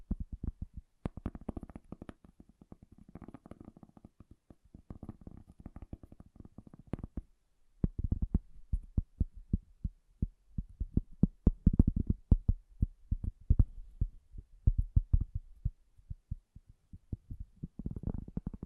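Soft, bassy tapping sounds, muffled thumps landing in quick irregular clusters. For the first seven seconds the taps sit over a low rumbling bed; after a brief near-silence they return sharper and more separated, some louder hits, continuing unevenly to the end.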